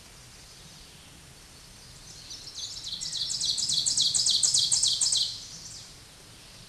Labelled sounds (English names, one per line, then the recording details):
Ovenbird song
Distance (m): 10 m
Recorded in a Pennsylvania forest on 16 May 2024 at 07:04
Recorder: AudioMoth, point MSD-0475
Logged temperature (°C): 12.3 °C
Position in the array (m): 147 m, 4 m